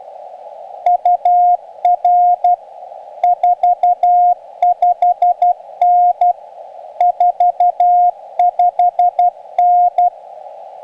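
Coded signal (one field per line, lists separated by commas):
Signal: Morse code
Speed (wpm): 12 wpm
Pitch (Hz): 710 Hz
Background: radio noise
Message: UR 45N 45N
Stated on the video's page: CW during a Summits on the Air activation on a backpacking trip.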